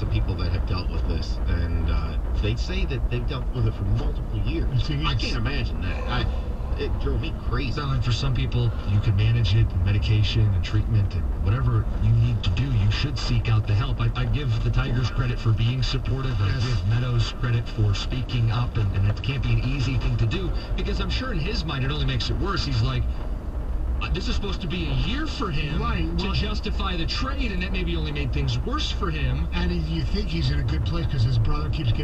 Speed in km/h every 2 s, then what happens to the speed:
18, 18, 19, 19, 21, 19, 15, 11, 13, 16, 19, 21, 21, 21, 23, 24.
0-9 steady at about 19. 9-15 slows to 11. 15-21 speeds up to 21. 21-32 steady at about 21.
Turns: none.